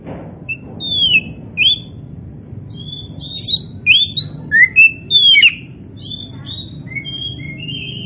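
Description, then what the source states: Oriental magpie-robin singing loud, clear whistles with sharp downward slurs, phrases coming in quick succession then fading to softer notes, over low background hum. Kacer poci variety of Oriental magpie-robin, singing vigorously (gacor).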